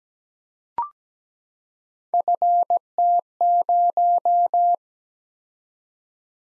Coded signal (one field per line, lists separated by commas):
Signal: Morse code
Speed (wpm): 17 wpm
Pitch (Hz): 700 Hz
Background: none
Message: FT0